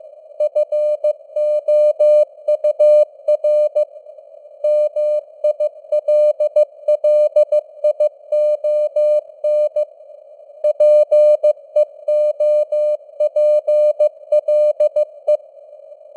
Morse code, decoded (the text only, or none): FOUR MILLION PEOPLE